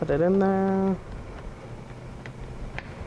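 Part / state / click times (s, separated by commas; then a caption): plastic trim panel into car door / seated / 2.8 s. A small plastic trim piece is pushed into its spot on a 2003-2009 Honda Element door panel during window motor and regulator work. Someone talks briefly, then after a short faint tap near 2.3 s, a sharp snap at 2.8 s marks the piece seating in place.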